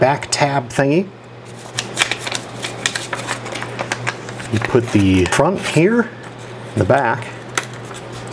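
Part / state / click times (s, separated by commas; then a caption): plastic snap fastener back tab into front piece on race bib / seated / 7.6 s. Someone talks while pressing the plastic back tab of a race-bib snap fastener onto its front piece through the bib and shirt fabric, with faint handling clicks along the way. A single sharp snap at 7.6 s marks the back tab seating into the front piece.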